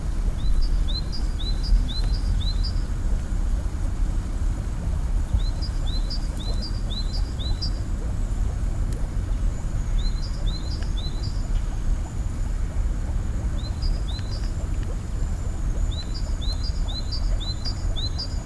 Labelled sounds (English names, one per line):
Moor Frog call